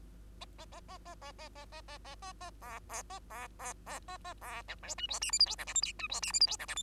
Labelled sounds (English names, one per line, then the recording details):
Bengalese Finch song
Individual Bird2